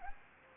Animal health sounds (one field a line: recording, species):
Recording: mosquito wingbeat signal from an infrared sensor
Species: Anopheles gambiae